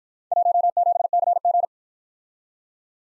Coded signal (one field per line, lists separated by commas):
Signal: Morse code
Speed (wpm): 53 wpm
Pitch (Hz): 700 Hz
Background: none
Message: 17CG